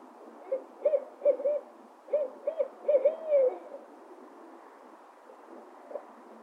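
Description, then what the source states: Owl calling in several rapid groups of short hoots, with one longer sliding note, then fading into continuous background noise. Recording described as noisy.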